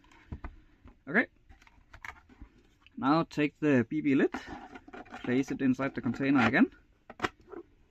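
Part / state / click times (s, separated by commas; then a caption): lid into the container / seated / 7.2 s. Someone talks while a plastic lid is placed back inside the container, with faint taps and handling noises beforehand. The lid seats with a sharp click at 7.3 seconds.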